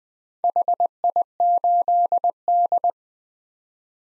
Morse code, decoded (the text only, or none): HI8D